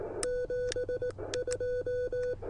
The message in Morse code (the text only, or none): 72